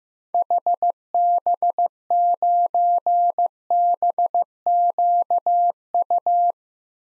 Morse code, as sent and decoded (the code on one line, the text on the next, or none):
.... -... ----. -... --.- ..-
HB9BQU